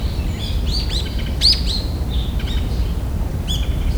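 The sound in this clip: Bird calls, a quick series of bright chirps and downward-sliding whistled notes, with a constant low rumble underneath.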